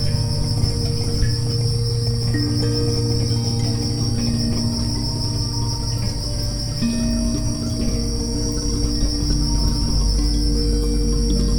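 Crickets trill without pause at a high pitch, with soft held tones and low hum underneath.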